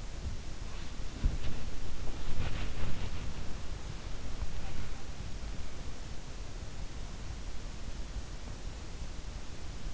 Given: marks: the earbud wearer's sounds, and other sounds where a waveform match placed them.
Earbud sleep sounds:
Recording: sounds in sleep by an in-ear microphone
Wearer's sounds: body movement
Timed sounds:
0.00-6.32 s: body movement

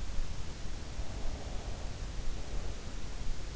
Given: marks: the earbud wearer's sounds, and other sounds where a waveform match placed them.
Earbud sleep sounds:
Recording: sounds in sleep by an in-ear microphone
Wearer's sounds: breath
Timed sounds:
1.03-3.04 s: breath

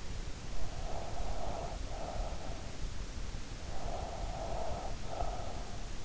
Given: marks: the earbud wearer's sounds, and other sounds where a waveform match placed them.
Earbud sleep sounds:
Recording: sounds in sleep by an in-ear microphone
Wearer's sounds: breath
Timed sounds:
0.77-2.94 s: breath
3.62-6.02 s: breath

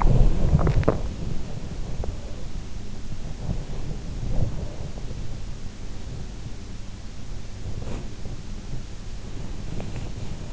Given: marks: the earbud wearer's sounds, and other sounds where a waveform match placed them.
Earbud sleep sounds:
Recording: sounds in sleep by an in-ear microphone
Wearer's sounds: teeth grinding, body movement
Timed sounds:
0.00-1.04 s: teeth grinding
0.00-10.53 s: body movement

